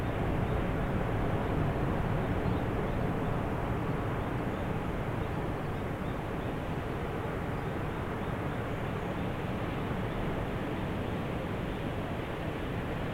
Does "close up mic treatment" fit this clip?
no